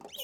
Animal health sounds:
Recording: pig call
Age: piglet (1 to 25 days)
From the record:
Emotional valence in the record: negative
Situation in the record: long isolation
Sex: female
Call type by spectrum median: high-frequency call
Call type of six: mixed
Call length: 0.24 s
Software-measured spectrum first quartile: 2282 Hz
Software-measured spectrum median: 4119 Hz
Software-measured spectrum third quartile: 10969 Hz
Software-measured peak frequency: 2950 Hz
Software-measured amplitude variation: 242 dB a second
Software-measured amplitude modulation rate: 16.3 a second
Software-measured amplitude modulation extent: 14.9 dB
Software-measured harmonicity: 8.0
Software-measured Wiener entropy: -3.79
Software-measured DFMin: 1301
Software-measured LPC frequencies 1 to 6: 649, 3017, 5433, 6270, 9185, 9877 Hz

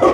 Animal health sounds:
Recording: pig call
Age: growing-finishing pig (85 days or more)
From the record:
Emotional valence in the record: positive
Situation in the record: run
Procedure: transit

